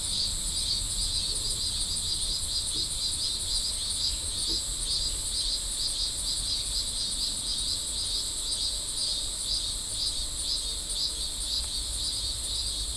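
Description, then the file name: Insects trilling together, a constant shrill drone with soft rhythmic pulses about twice per second, a few faint clicks and low rumble beneath. "mainly insect"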